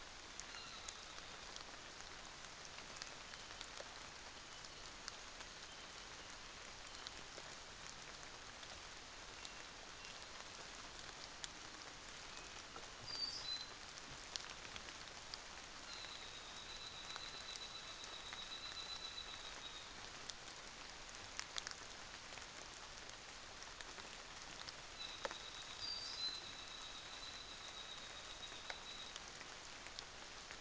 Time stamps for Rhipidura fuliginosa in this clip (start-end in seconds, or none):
none